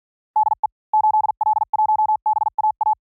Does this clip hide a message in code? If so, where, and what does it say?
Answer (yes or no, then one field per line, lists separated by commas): yes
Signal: Morse code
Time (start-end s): 0.4-2.9 s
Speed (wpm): 48 wpm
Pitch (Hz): 860 Hz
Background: none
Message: DE 8L1BAA